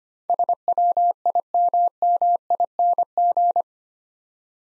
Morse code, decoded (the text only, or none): SWIMMING